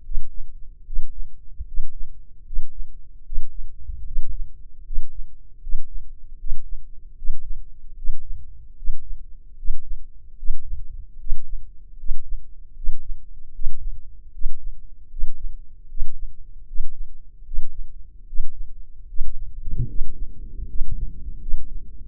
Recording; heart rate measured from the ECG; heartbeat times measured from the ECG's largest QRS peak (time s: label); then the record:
heart sounds by microphone in the left ear; 76 bpm
0.01 s: heartbeat
0.83 s: heartbeat
1.64 s: heartbeat
2.43 s: heartbeat
3.22 s: heartbeat
4.03 s: heartbeat
4.82 s: heartbeat
5.59 s: heartbeat
6.36 s: heartbeat
7.14 s: heartbeat
7.94 s: heartbeat
8.74 s: heartbeat
9.55 s: heartbeat
10.35 s: heartbeat
11.17 s: heartbeat
11.96 s: heartbeat
12.74 s: heartbeat
13.51 s: heartbeat
14.31 s: heartbeat
15.08 s: heartbeat
15.87 s: heartbeat
16.65 s: heartbeat
17.44 s: heartbeat
18.25 s: heartbeat
19.06 s: heartbeat
19.86 s: heartbeat
20.67 s: heartbeat
21.39 s: heartbeat
22.06 s: heartbeat
From the record:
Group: healthy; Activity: Valsalva maneuver 0-17 s, rest 17-22 s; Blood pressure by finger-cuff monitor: 137/78 mmHg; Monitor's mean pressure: 94 mmHg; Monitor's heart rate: 75 bpm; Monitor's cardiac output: 6.3 L/min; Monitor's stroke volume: 84 mL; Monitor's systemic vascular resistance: 1100 dyn s/cm5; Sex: male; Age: 21 years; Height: 180 cm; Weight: 67.5 kg